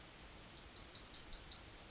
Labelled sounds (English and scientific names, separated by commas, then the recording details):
Yellowhammer (Emberiza citrinella) song
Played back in forest
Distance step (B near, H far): D
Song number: 058